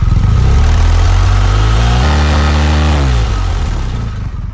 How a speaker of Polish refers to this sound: W przypadku mojego motocykla służbowego jest to 4,5 tysiąca obrotów i są wykonywane pomiary.